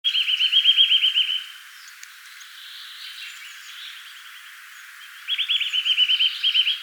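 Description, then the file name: Eurasian nuthatch calls in two fast trills of repeated piping notes, the first at the start and the second after a long pause. "Sitta europaea"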